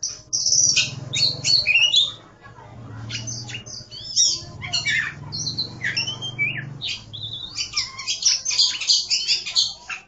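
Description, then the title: Oriental magpie-robin singing bright high whistles and scratchy chatter over a low hum in the background. "Kacer5"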